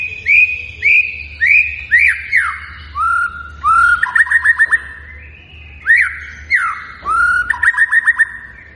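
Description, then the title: White-rumped shama singing varied rich whistles, slurred rising and falling notes, and short quick trills, with low background hum. Lure recording of a lively singing white-rumped shama, meant to make birds respond. "PANCINGAN MEWAH MURAI BATU GACOR, SEKALI DENGAR AMPUH LANGSUNG RESPON"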